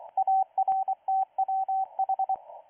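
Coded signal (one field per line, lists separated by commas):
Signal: Morse code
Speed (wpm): 24 wpm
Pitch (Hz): 770 Hz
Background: radio noise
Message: ARTWH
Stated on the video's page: Russian military signal that is counting down.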